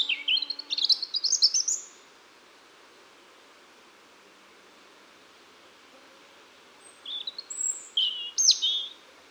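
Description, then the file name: European robin song phrases at the start and end, high warbled and trilled notes, with a quiet pause between. "Erithacus rubecula"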